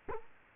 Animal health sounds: mosquito wingbeat signal from an infrared sensor; Culex quinquefasciatus

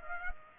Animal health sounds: mosquito wingbeat signal from an infrared sensor; Culex pipiens

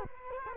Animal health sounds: mosquito wingbeat signal from an infrared sensor; Culex quinquefasciatus

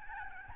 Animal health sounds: mosquito wingbeat signal from an infrared sensor; Aedes albopictus

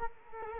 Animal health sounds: mosquito wingbeat signal from an infrared sensor; Culex quinquefasciatus

